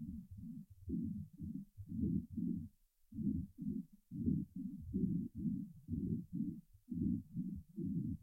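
Loud, low, rapid breath sounds heard by stethoscope over the chest of a healthy 4-week-old foal, with inspiration and expiration both clearly audible: normal foal lung sounds, much louder than the lung sounds of an adult horse.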